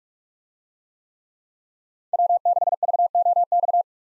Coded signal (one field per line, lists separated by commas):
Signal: Morse code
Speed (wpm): 41 wpm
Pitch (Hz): 700 Hz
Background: none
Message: W6VOX